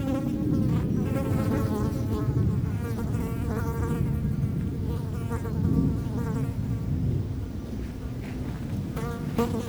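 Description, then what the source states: Fly buzzing, wavering drones partly masked by strong low wind rumble throughout. Flies feeding on dung, close-up; Chemin de Lombardil, Fenouillet, France, near Blagnac airport; windy day; recorded with Sennheiser MKH8040 ORTF pair and SD MixPre6.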